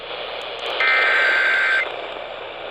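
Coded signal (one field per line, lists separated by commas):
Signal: Emergency Alert System (SAME) tones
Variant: header bursts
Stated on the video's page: Severe weather alert relayed on AM station 1130 kHz.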